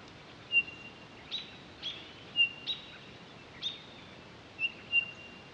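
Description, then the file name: Townsend's solitaire giving clear, level whistled piping notes, some paired, with several sharper higher notes between them, over soft background hiss. Recorded on 23 October 2011. "20111023 townsends-solitaire"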